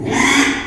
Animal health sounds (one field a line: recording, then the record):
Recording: squeal of a Yucatan mini pig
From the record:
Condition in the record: after surgery on the right vocal fold (resection and tissue-engineered implant)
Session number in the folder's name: 3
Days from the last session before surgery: 33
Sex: male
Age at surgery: 12 weeks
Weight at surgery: 13 kg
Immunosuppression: cyclosporine, prednisolone